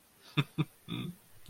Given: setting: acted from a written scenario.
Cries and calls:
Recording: vocal sound without words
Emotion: adoration

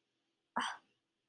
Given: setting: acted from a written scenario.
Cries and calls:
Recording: vocal sound without words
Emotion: contempt

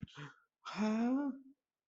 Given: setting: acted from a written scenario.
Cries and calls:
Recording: vocal sound without words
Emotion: distress

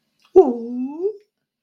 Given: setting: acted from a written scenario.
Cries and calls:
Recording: vocal sound without words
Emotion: confusion

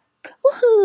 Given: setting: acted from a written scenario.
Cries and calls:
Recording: vocal sound without words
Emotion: triumph

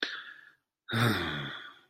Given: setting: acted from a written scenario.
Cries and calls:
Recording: vocal sound without words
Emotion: disappointment

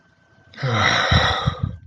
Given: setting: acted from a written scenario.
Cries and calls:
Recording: vocal sound without words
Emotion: disappointment

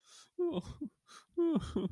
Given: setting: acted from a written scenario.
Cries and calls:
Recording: vocal sound without words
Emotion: sadness

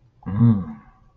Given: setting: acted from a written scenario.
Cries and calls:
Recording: vocal sound without words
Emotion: negative surprise

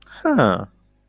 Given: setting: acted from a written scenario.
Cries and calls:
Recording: vocal sound without words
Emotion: interest

